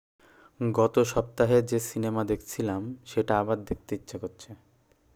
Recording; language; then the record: elicited speech; Bengali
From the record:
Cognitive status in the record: cognitively healthy